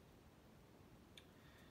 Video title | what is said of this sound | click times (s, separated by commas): Ugears Dream Cabriolet VM-05 Mechanical Educational Model DIY Car Kit Assembly Video Part 1 of 4 | You just push one into another and they should snap right into place. | 1.2 s